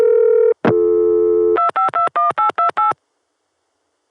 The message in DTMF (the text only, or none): 2521828